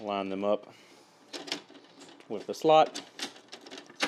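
An anti-kickback pawl assembly is lined up with its slot on a table saw's riving knife and pushed in while someone talks. Short clicks and taps sound between the words, and the assembly locks in place with a click at 3.5 seconds.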